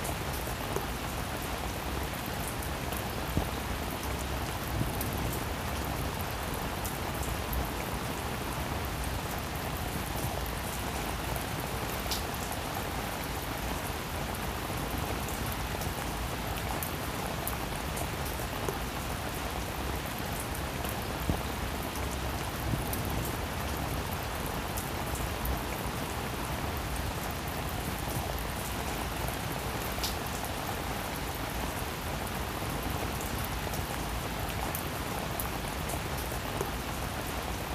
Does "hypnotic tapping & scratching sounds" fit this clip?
no